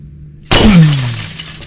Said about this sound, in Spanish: Ruido de vidrio rompiendo. Se rompí, está rompido.